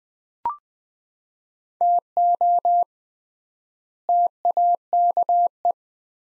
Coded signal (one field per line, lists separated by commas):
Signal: Morse code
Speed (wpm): 20 wpm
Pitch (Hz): 700 Hz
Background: none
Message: TO TAKE